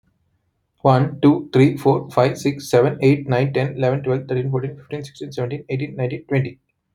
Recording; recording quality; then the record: counting at a fast pace; excellent, no background noise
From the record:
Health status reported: healthy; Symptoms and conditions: none ticked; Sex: male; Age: 33 years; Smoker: not ticked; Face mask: not worn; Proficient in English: yes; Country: India